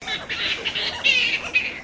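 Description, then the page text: Black flying foxes calling as a group: harsh, scratchy squabbling screeches in overlapping bursts, several loud peaks in quick succession, with no other clear sounds. Group of black flying foxes calling together in Noosa, Queensland. "Flying foxes (bats) in Noosa Queensland"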